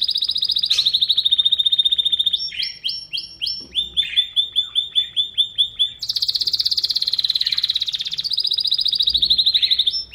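Bird delivering a long high trill, then a string of rapid repeated notes, a loud fast trill and another sustained trill.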